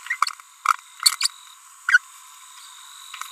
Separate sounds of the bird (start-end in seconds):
0.07-0.16, 1.00-1.16, 1.21-1.30, 1.88-1.98